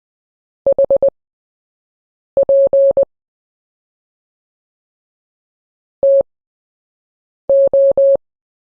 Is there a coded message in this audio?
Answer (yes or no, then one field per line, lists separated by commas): yes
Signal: Morse code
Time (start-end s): 0.7-8.2 s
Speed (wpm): 20 wpm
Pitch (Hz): 550 Hz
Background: none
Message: HP TO